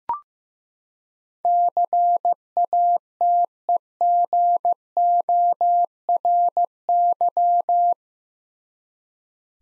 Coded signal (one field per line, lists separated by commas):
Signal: Morse code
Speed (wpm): 16 wpm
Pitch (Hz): 700 Hz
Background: none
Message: CATEGORY